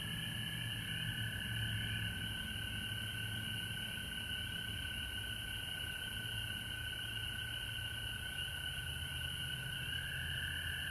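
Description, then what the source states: Frogs in a constant chorus, a steady trilling band with a higher ringing layer, persistent hiss and low rumble. Recorded at home in Georgia on March 19, 2020.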